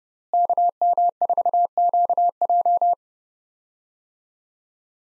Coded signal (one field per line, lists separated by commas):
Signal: Morse code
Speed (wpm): 30 wpm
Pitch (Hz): 700 Hz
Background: none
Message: KM4QJ